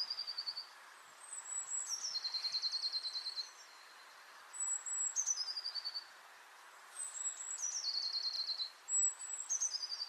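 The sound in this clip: Eurasian blue tit giving repeated song phrases: sharp high notes lead into a quick, lower trill, over a steady soft background hiss.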